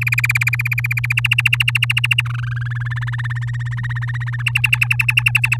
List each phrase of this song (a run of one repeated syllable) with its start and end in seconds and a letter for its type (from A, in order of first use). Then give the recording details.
0.01-1.13 A, 1.17-2.21 B, 2.25-2.88 C, 2.90-4.43 D, 4.46-5.57 E. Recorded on 9 May 2018 at 05:32. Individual llb16